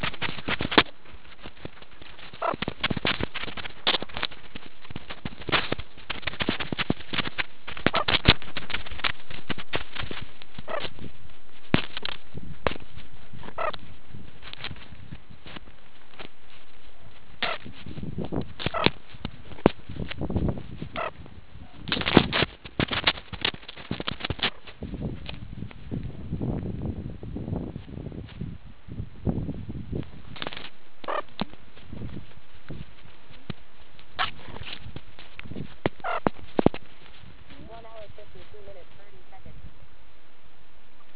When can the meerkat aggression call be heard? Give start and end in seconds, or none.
none